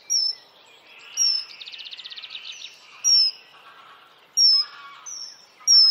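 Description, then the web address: Bird song: loud high whistled notes every second or so, with a fast buzzy rattle and lower chatter between them. "az brid sounds"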